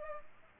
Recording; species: mosquito wingbeat signal from an infrared sensor; Culex pipiens